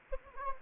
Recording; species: mosquito wingbeat signal from an infrared sensor; Anopheles gambiae